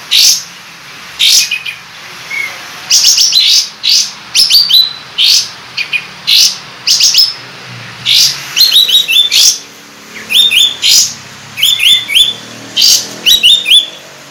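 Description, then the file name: Sooty-headed Bulbul song of crisp, high chirping phrases repeated every second or so, some with quick descending notes. Kapas tembak 'buka ekor' (tail-opening) song style, used for training cage birds. "suara kapas tembak buka ekor"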